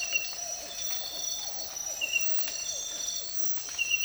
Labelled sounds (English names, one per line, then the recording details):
none
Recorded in dense forest near Puerto Asís, Putumayo, Colombia, on 19 March 2025 at 06:00
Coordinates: 0.503, -76.323
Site GP09